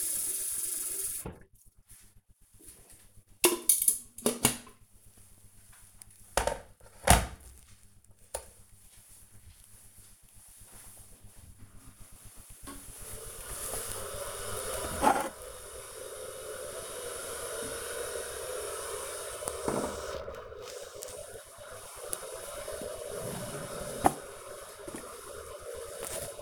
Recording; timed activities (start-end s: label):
household activities, microphone on the right wrist
0.00-26.42 s: making tea